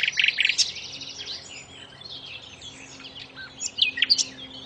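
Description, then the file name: Common nightingale singing: a strong buzzy burst at the start, then scattered sharp high notes over a soft chattering background. "suara burung nightingale om kicau"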